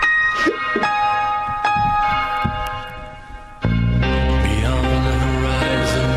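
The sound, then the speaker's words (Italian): A church bell rings with long, shimmering overtones, a few struck tones at first, then a louder, fuller swell of sustained ringing in the second half. No one speaks. “Hanno suonato un po' di campana.”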